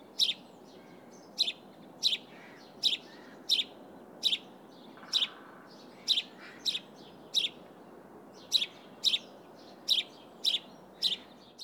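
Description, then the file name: House sparrow chirping, many short bright chirps repeated steadily over constant background noise. "Passer domesticus"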